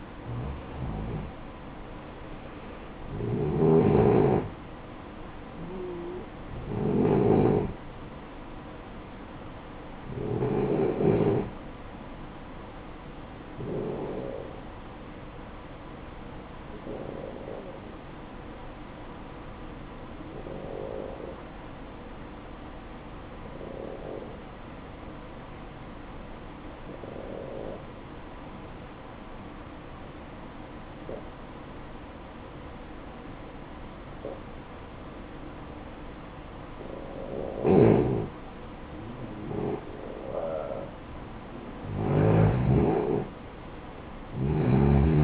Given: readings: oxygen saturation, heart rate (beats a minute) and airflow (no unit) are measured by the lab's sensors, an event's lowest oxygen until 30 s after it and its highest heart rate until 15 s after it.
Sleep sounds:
breathing in sleep by a voice recorder at the bedside; 1
21.00-39.50 s: obstructive apnea (N1, oxygen 94% highest, then 89% lowest, heart rate 56 at the start, 66 highest)
From the record:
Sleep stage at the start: N1 (lightest sleep); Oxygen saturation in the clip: 88 to 94%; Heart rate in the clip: 54 to 68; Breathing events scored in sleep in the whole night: 573 in 9.8 hours asleep

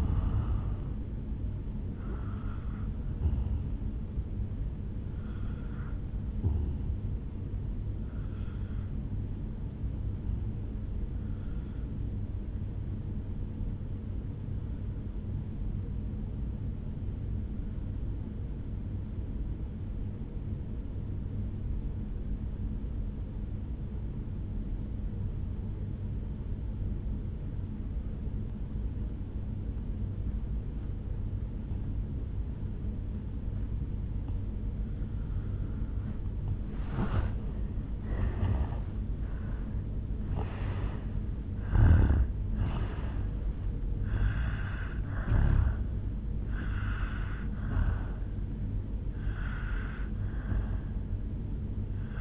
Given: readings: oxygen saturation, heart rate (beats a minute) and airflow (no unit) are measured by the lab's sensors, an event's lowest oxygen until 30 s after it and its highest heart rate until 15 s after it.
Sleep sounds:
breathing in sleep by a smartphone at the bedside; 1
11.00-35.80 s: obstructive apnea (N1, oxygen 98% highest, then 84% lowest, heart rate 58 at the start, 75 highest)
From the record:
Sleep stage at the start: N1 (lightest sleep); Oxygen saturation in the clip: 81 to 98%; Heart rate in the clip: 58 to 81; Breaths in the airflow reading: 8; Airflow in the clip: -11.8 to 9.9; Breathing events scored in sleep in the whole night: 449 in 7.0 hours asleep

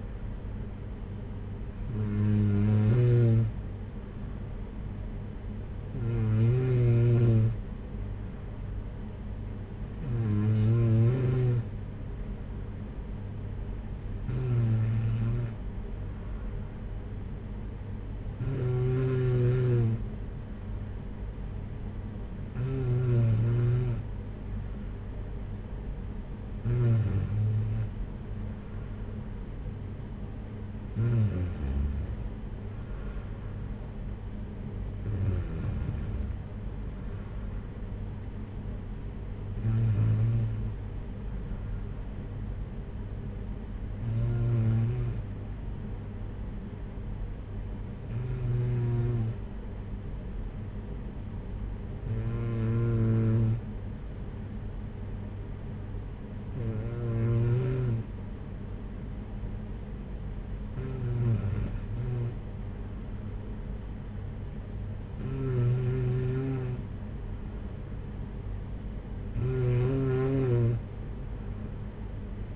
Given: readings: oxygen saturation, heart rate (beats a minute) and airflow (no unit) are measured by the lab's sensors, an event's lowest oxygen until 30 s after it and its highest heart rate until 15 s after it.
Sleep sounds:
breathing in sleep by a smartphone at the bedside; none
none scored
From the record:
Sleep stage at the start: N2 (light sleep); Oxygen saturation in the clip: 93 to 95%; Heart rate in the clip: 54 to 61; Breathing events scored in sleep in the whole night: 226 in 8.8 hours asleep

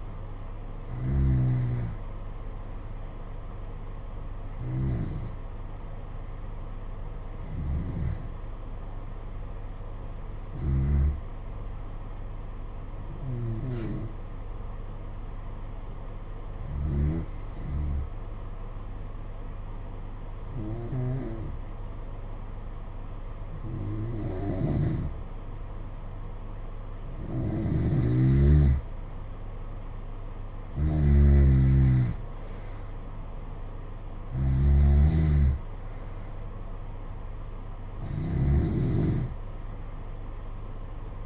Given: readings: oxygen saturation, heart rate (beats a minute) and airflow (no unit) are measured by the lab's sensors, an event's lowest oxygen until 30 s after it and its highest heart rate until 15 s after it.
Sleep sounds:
breathing in sleep by a smartphone at the bedside; 1
13.00-28.50 s: hypopnea (N2, oxygen 93% highest, then 88% lowest, heart rate 58 at the start, 71 highest)
From the record:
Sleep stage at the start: N2 (light sleep); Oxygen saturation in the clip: 88 to 93%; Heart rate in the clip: 55 to 71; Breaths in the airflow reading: 12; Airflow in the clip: -9.7 to 7.1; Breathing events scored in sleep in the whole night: 476 in 9.7 hours asleep

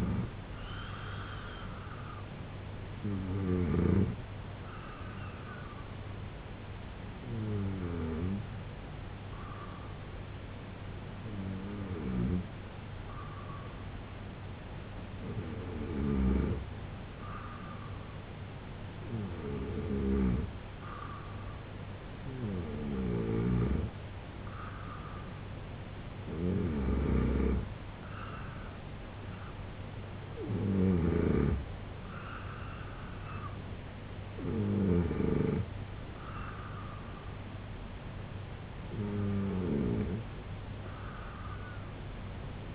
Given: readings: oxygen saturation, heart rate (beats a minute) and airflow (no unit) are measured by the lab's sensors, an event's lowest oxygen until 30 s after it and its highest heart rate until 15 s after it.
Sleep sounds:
breathing in sleep by a voice recorder at the bedside; 1
6.00-25.70 s: hypopnea (N2, oxygen 92% highest, then 88% lowest, heart rate 73 at the start, 80 highest)
From the record:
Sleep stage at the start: N2 (light sleep); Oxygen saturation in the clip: 87 to 92%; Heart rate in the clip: 67 to 80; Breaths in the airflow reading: 10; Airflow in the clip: -3.4 to 4.0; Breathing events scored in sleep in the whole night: 258 in 7.4 hours asleep

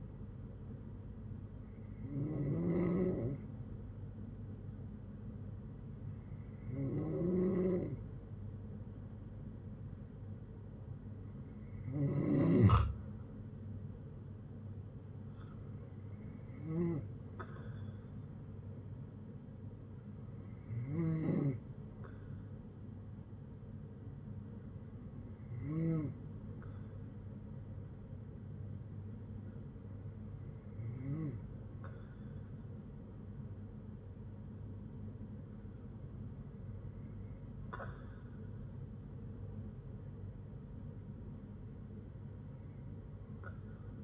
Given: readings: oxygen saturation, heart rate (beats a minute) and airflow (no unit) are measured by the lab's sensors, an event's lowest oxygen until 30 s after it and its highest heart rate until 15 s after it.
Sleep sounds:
breathing in sleep by a smartphone at the bedside; none
32.00-44.04 s: new sleep stage, N3 (deep sleep)
From the record:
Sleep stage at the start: N2 (light sleep); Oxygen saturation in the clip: 92 to 94%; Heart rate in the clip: 56 to 69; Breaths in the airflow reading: 9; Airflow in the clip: -8.0 to 6.8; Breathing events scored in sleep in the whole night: 182 in 7.4 hours asleep

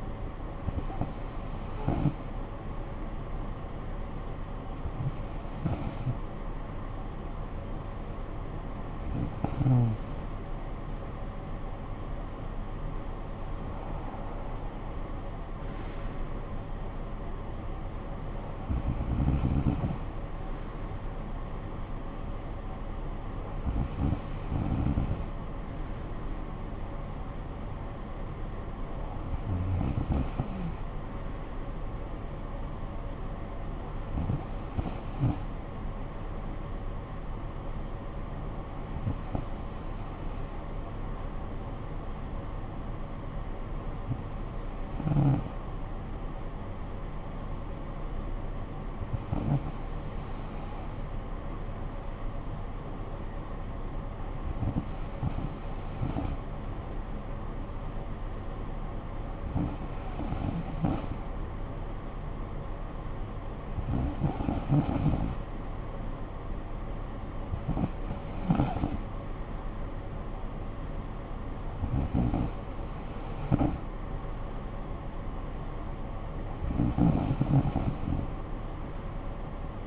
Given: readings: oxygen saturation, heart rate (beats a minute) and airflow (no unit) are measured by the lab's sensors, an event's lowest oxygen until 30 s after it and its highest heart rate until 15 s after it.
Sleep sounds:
breathing in sleep by a smartphone at the bedside; none
5.00-35.00 s: new sleep stage, N1 (lightest sleep)
35.00-79.87 s: new sleep stage, N2 (light sleep)
From the record:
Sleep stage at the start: N2 (light sleep); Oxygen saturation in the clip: 94 to 95%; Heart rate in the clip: 54 to 60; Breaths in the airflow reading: 17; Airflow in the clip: -13.4 to 8.0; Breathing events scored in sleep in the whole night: 445 in 7.6 hours asleep

